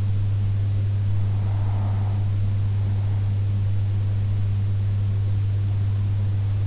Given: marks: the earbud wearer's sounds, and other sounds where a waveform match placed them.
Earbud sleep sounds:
sounds in sleep by an in-ear microphone; breath
0.76-2.76 s: breath

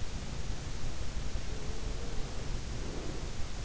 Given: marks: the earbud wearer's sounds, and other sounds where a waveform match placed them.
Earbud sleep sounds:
sounds in sleep by an in-ear microphone; breath
1.37-3.25 s: breath

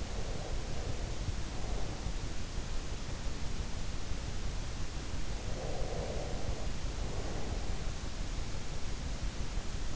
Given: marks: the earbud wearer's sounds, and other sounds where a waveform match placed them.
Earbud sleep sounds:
sounds in sleep by an in-ear microphone; breath
0.00-2.39 s: breath
5.49-7.95 s: breath

